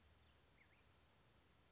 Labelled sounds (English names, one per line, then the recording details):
Anna's Hummingbird
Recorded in Sonoma County, California